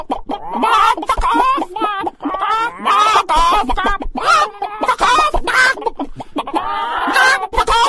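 Chickens clucking and squawking almost without pause, overlapping harmonic calls with brief quiet gaps.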